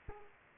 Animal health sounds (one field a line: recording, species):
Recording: mosquito wingbeat signal from an infrared sensor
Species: Culex pipiens